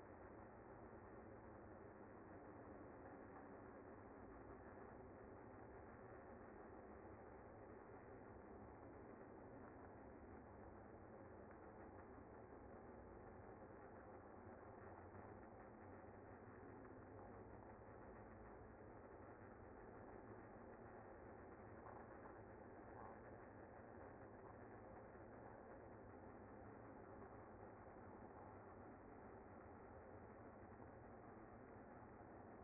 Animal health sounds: honeybee colony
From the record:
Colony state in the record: active

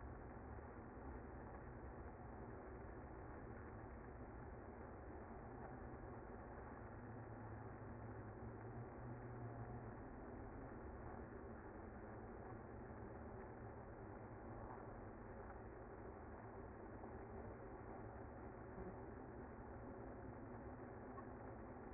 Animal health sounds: honeybee colony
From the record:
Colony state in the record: active

